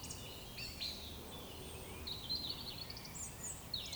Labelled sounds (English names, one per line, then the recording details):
Eurasian Woodcock whistle
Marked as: whistle, whistle
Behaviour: display flight
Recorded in Baden-Württemberg, Germany, on 19 May 2020 at 19:24 UTC
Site 31917, 145 m above sea level